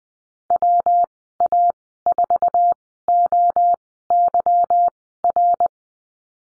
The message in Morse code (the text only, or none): WA4OYR